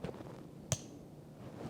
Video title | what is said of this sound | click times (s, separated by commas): Cara pakai gendongan WCSSC Ultimo dan tips pemakaian oleh konsultan menggendong | ini Sampai bunyi klik | 0.7 s